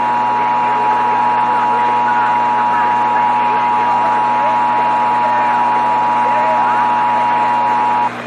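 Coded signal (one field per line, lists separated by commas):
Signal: Emergency Alert System (SAME) tones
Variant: 853 and 960 Hz attention tone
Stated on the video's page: Mock EAS with valid EAS tones.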